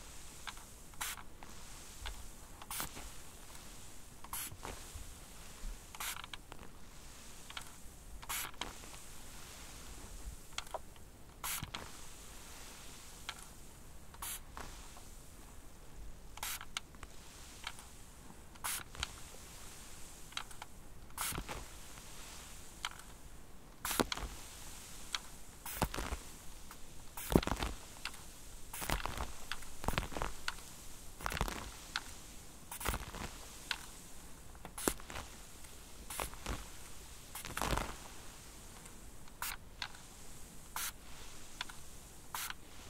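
Water drops fall and sprinklers spray in a steady, soft hiss that runs the whole time. Sharp, bright ticks and taps break through irregularly, about one or two every second, some louder than others, with a faint low rumble underneath.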